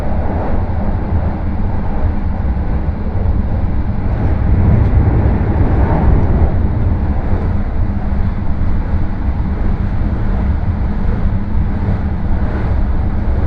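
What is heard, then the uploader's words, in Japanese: A rapid Marine Liner train runs on the Yosan Line from Takamatsu toward Okayama, heard as a steady, dense low rumble throughout. The roar holds even in level, with faint rattles and small clicks surfacing now and then, slightly fuller around the middle. 予讃線 快速マリンライナー40号 高松→岡山。日も暮れてしまった。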